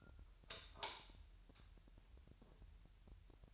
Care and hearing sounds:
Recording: daily activity, microphone in the room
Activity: light on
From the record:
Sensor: 2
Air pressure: 1001.7 hPa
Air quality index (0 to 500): 244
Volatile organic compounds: 33 ppm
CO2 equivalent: 3028 ppm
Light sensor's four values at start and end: 4/10/4/4 and 9/26/10/10

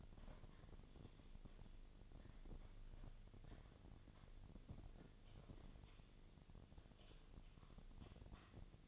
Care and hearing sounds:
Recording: daily activity, microphone in the room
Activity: typing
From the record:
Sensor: 4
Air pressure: 1010.3 hPa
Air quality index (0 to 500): 179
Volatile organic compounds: 5 ppm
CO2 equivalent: 1818 ppm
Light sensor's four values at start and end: 32/96/37/37 and 32/95/37/37

